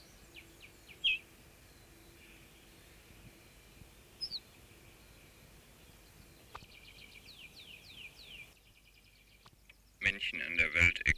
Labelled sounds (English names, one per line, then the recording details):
Ortolan Bunting alarm call
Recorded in the wild
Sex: male
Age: adult
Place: Schloß Holte-Stukenbrock, Senne, Nordrhein-Westfalen, DE
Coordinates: 51.8667, 8.65861
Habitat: edge of the woods
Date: 1965
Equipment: Uher 4000 Report-S, Bändchenmikro Beyer M 260, Parabolspiegel Polyester (470 mm)
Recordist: Conrads, Klaus